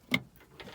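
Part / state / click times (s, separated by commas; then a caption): headlight bulb into headlight housing / seated / 0.1 s. A headlight bulb base is twisted clockwise into the plastic headlight housing of a 2007–2013 GMC Sierra 1500, 2500 or 3500. It clicks in at 0.1 s with a sharp, bright snap, followed by a few softer faint ticks. The bulb is seated.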